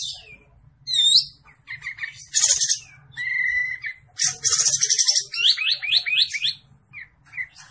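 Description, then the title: Olive-winged bulbul song: looping whistles, harsh buzzy bursts, a sustained whistled note, then a fast run of rising swept notes and scattered chirps, over a low hum. Olive-winged bulbul singing vigorously (gacor); training recording (masteran) for cage birds. "Masteran Kapas Tembak Gacor"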